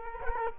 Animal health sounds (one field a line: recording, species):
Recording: mosquito wingbeat signal from an infrared sensor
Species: Culex quinquefasciatus